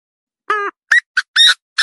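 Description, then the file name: Partridge call series: a nasal, ringing note followed by quick sharp chips and harsh rasping notes, each separated by brief pauses. "Tieng ga go"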